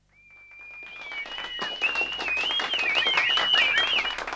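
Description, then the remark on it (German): A theatre audience in Rouen whistles shrilly at a Corneille tragedy. Several high piercing whistles rise and overlap over a rumbling mass of jeering voices and scattered claps that grows louder and stays dense. “Aber trotzdem, einen Corneille auspfeifen.”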